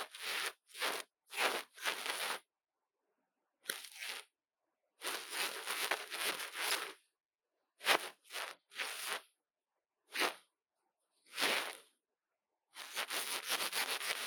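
Crackly scraping and rustling of ear cleaning comes in short bursts separated by total silence. Each burst lasts under a second to about two seconds, bright and dense, with longer scraping stretches around six and fourteen seconds.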